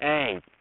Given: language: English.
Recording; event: throat vibration sensor signal played as sound; speech